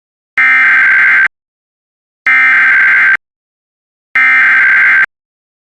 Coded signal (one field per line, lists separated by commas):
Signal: Emergency Alert System (SAME) tones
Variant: header bursts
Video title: IPAWS EAS Child Abduction Emergency New Mexico (06/08/26)